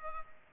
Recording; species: mosquito wingbeat signal from an infrared sensor; Culex pipiens